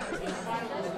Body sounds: coughing mixed with background sound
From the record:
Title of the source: female coughing - coughing sound effects girl

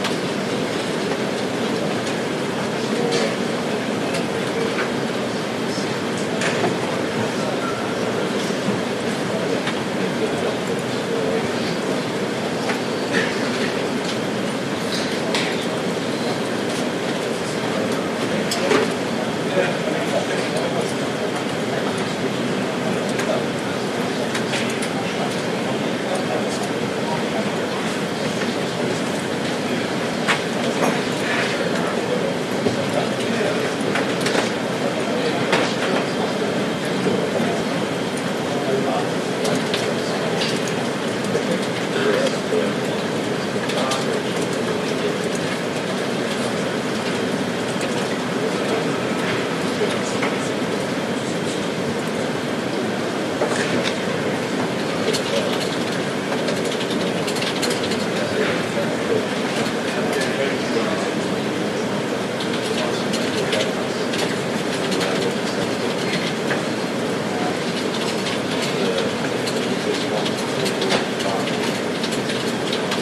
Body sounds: background sound without coughing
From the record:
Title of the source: Office Sounds Ambience - Background Noise for Study and Work

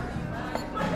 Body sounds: background sound without coughing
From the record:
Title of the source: 60 minutes of coffee shop sounds for study and concentration

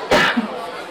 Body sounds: coughing mixed with background sound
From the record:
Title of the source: Barking cough - # 10

